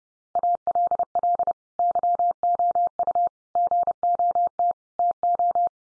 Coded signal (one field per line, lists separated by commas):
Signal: Morse code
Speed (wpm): 30 wpm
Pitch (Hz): 700 Hz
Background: none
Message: ALL YOU GOT TO